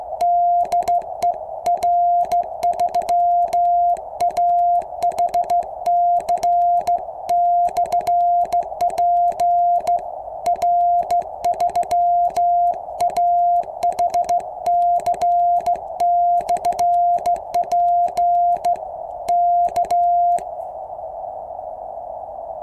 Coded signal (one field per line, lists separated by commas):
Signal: Morse code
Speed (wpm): 15 wpm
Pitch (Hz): 700 Hz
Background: music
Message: DE R3AHC/P R3AHC/P K